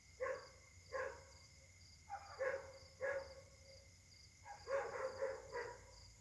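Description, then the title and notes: Dog barking in short groups, single barks then a run of three or four. Night-time chorus of several dogs at Caltex, Trois-Mares, Réunion; Samsung Galaxy S8 smartphone whose left microphone tends to be clogged. "Caltex, 3 mares, Réunion. La nuit s'annonce difficile pour les habitants: concert de chiens"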